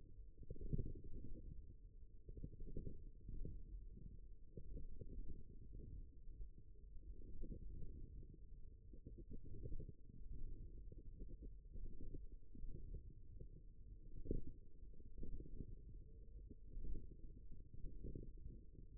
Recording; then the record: forearm muscle sounds (acoustic myography)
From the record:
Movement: wrist flexion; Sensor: system 1, eight BSWA MPA416 microphones around the upper forearm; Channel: 3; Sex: male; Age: 54 years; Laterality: right